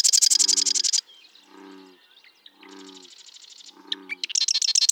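Bird song of rapid, dry high trills in bursts, with lower buzzy pulsed phrases repeated about every second between them and faint chirps.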